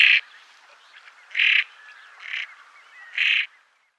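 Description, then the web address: Common pochard giving four harsh, rasping bursts, each about a quarter second long, spaced irregularly with faint softer calls between them. Females. "Schulze Peter Common Pochard females"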